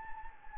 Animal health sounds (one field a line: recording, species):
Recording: mosquito wingbeat signal from an infrared sensor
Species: Anopheles gambiae